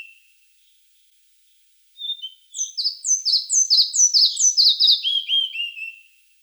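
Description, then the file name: Red-breasted flycatcher song: a few thin high notes, then a rapid series of bright descending notes that builds and repeats, ending in softer falling phrases. "Ficedula parva"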